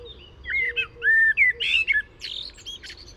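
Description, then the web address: Common blackbird song of varied fluty, slurred whistles, some rising and some falling, then a thin, buzzy high twitter. "SETE data Turdus merula"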